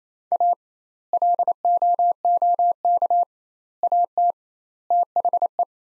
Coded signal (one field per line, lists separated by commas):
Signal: Morse code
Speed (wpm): 28 wpm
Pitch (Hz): 700 Hz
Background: none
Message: A LOOK AT THE